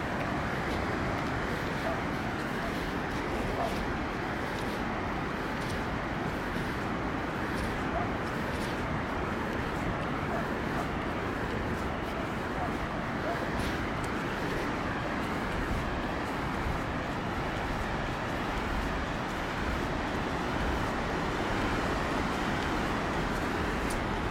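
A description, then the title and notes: A walk alone along the beach, wrapped in a thick, steady roar of surf and wind that fills the low and middle range without letup. Faint brighter crackles and brief rises come and go every few seconds, with no clear breaks in the wash. Walking alone on the beach. The air was nice and crisp. The sound of waves.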